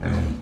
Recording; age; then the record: pig call; growing-finishing pig (85 days or more)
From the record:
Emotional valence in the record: negative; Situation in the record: barren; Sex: female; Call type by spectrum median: low-frequency call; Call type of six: low-frequency stable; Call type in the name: low-frequency stable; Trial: 1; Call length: 0.42 s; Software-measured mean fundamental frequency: 41 Hz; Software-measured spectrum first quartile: 99 Hz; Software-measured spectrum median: 198 Hz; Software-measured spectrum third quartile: 510 Hz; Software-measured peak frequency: 79 Hz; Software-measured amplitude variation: 149 dB a second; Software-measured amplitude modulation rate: 32.3 a second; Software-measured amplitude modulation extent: 4.6 dB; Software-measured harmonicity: -3.1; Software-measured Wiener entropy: -0.97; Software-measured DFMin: 1034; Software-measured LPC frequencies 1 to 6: 1607, 2288, 3279, 4032, 6099, 7347 Hz